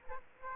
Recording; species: mosquito wingbeat signal from an infrared sensor; Aedes aegypti